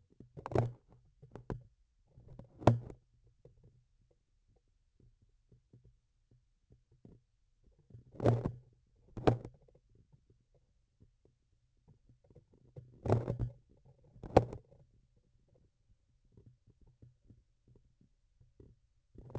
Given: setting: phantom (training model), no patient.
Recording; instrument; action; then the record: laparoscopic instrument, vibration sensor on the handle end; grasping forceps; opening and closing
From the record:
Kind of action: tool actuation without material contact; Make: other than Olympus